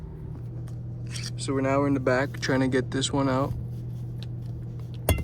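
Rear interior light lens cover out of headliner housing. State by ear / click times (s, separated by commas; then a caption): released / 5.1 s. Someone talks while prying the plastic lens cover of the rear dome light out of the headliner housing on an Infiniti G25/G35/G37 during an LED bulb swap. At 5.1 s the cover pops free with a loud clack and flies out, released from the housing.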